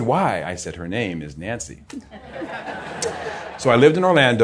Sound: laughter

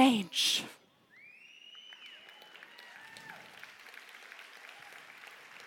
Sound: applause

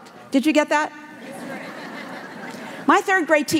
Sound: laughter

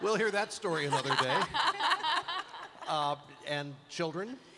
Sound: laughter

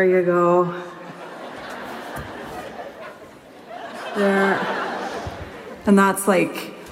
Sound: ladies laugh

